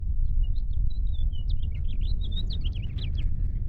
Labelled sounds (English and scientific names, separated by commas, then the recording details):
House Finch (Haemorhous mexicanus) song
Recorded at Lawrence on Long Island, New York, on 4 June 1975
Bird F